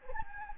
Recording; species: mosquito wingbeat signal from an infrared sensor; Anopheles gambiae